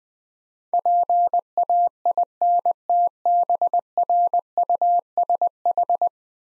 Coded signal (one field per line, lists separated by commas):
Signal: Morse code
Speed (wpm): 21 wpm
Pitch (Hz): 700 Hz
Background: none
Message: PAINTBRUSH